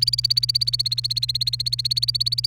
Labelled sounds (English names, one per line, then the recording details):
Domestic Canary song
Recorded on 28 April 2018 at 17:56
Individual llb3